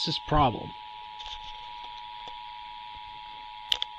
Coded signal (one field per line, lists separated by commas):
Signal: Emergency Alert System (SAME) tones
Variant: 853 and 960 Hz attention tone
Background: speech